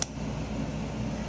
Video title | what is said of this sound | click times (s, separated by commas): Wilson3dDesigns-Trashminder and Waxminder 3d printed | there's the lid it's going to snap on just like this | 0.0 s